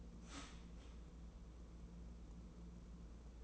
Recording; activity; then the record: daily activity, microphone in the room; start toaster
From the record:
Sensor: 1